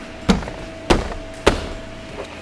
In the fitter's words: Get that all snapped back into place.